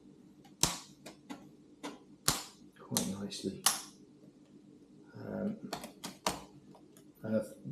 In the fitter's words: should just all click into place quite